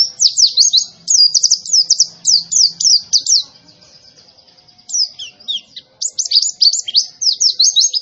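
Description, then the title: White-eye song in brisk bursts of high, sharp chirps, a pause of about a second and a half midway, then more rapid jumbled twittering. Young bird; described as gacor, meaning singing vigorously and continuously. "Pleci Gacor. Anakan Pleci"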